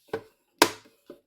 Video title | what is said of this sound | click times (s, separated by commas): I Finally Got the Elgato Prompter XL! Here's the Full Setup | Clicks on the sides, so as you hear the clicks coming through. | 0.1 s, 0.6 s